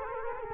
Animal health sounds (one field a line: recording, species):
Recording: mosquito wingbeat signal from an infrared sensor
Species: Culex quinquefasciatus